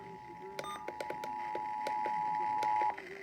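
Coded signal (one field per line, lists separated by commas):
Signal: Emergency Alert System (SAME) tones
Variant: 853 and 960 Hz attention tone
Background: speech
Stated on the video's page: EAS severe thunderstorm warning relayed on radio station WAIW-FM.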